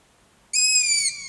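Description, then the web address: Long-eared owl with a single high, squeaky call lasting about half a second that dips slightly at its end against a quiet background. Recorded on 27 June 2016. "fagelljud 20160627 hornuggla"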